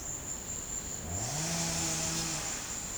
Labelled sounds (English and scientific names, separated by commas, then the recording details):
none
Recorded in secondary vegetation near Puerto Asís, Putumayo, Colombia, on 18 December 2024 at 14:00
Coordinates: 0.489, -76.322
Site G059